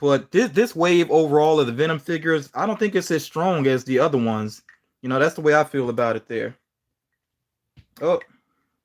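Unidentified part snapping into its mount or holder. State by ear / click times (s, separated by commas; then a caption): not seated / none. Someone talks, then pauses while an unidentified part is handled and adjusted in its mount or holder. Only a brief soft sound is heard near the end, and the part has not snapped into place yet.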